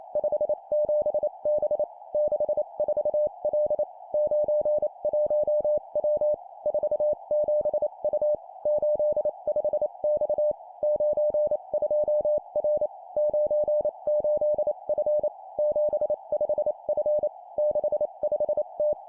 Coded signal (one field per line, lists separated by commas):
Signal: Morse code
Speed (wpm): 28 wpm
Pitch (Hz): 600 Hz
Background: none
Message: 57B 64L 91W 47U 85X 92R 98F 75F 65T